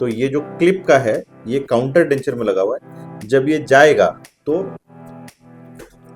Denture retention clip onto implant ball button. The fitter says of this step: टक करके आवाज आएगी। जैसा आई ना और निकलेगा। ये देखो हिलाएंगे तो भी नहीं निकलता है।